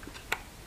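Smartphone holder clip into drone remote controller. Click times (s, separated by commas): 0.3 s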